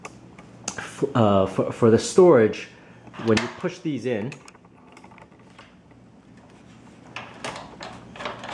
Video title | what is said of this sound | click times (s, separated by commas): Gorilla Ladders - MPX22 - Multi-Position - 22 ft | is a guided mechanism so you can see it locks in place here now for these | 0.7 s